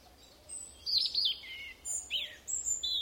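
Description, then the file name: European robin song with quick, high warbling notes, falling slurs and thin piercing tones, broken by short pauses. "Erithacus rubecula"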